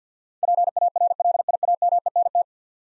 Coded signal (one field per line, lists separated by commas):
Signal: Morse code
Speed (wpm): 50 wpm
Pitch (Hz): 700 Hz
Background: none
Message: PARLIAMENT